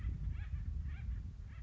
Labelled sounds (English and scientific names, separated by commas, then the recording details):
Acorn Woodpecker (Melanerpes formicivorus)
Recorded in Sonoma County, California